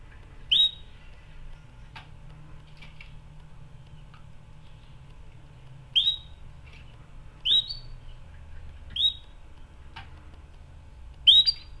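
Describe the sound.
Canary giving five clear, sharp whistled chirps, with occasional soft clicks in between against a quiet, steady hum.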